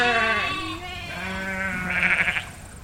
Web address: Sound Effects-Foundation 1. SHEEP DORPER GROUP BAA